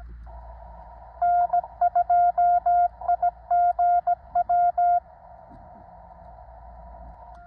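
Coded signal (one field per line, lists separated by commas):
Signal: Morse code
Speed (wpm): 18 wpm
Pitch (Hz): 700 Hz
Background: none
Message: N2IGW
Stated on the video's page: High-power 40 m CW summit activation during a geomagnetic storm with bad band conditions, recorded on a phone.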